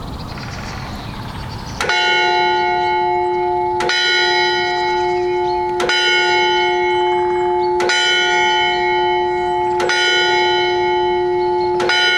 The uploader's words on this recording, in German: Aufwachen im Kloster Ihlow. Es sollte ein weiterer Versuch der Aufnahme der Klangräume rund um das Kloster Ihlow werden. 8 Uhr am Morgen.